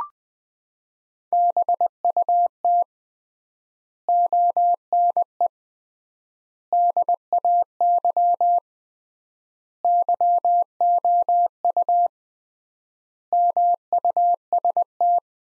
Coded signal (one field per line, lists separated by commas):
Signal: Morse code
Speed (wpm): 20 wpm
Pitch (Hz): 700 Hz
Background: none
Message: BUT ONE DAY YOU MUST